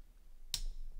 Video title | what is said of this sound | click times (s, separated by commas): BusKill: Unboxing et Tutoriel en Français 🇫🇷 Le câble ultime pour sécuriser votre ordinateur ! | on a entendu le clac, il est connecté. | 0.5 s